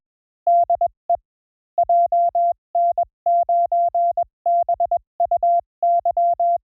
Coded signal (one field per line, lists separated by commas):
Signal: Morse code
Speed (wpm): 21 wpm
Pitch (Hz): 690 Hz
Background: none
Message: DE JN9BUY